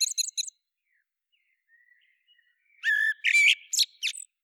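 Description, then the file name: Common blackbird song: a brief series of high, pulsed chips, a pause, then a rich fluty phrase ending in scratchy, high-pitched notes. "Turdus merula"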